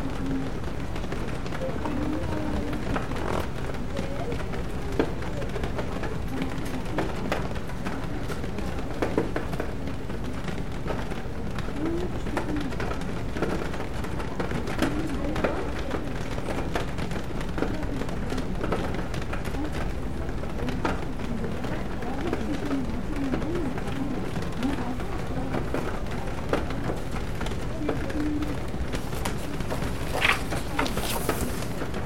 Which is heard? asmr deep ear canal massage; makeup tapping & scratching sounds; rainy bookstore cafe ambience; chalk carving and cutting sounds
rainy bookstore cafe ambience